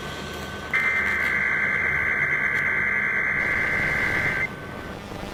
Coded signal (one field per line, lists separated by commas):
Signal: Emergency Alert System (SAME) tones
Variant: header bursts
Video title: EAS Required Monthly Test FM Radio 3/17/25 WRDN-FM EAS#281